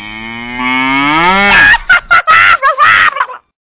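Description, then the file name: Cow moo, a long drawn-out lowing that rises in pitch, then breaks into a choppy, stuttering series of short bursts before stopping. Used as a mobile phone ringtone. "Vaca"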